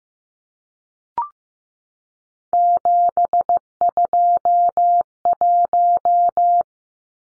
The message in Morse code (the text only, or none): 721